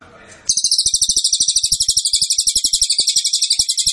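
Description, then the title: Cililin singing a long, rapid, high-pitched pulsed trill that starts abruptly after a brief burst of rustling noise, with soft low ticking sounds throughout. Song used as a training recording for songbirds. "Cililin AMPUH. Masteran Burung cililin"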